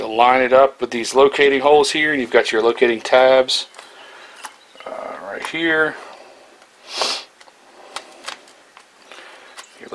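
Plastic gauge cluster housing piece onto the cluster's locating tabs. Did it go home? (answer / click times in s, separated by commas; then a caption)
yes / 8.0 s, 8.3 s. Someone talks while lining up a plastic gauge cluster housing piece on the locating holes and tabs of a 2000 Ford Ranger gauge cluster during a white face gauge cluster swap. After a quieter stretch, the piece is pushed down, and sharp snaps are heard at 8.0 s and 8.3 s as it seats onto the locating tabs.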